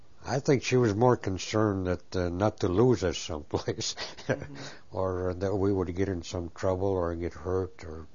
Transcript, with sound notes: I think she was more concerned not to lose us someplace (he laughs) or that we would get into some trouble or get hurt or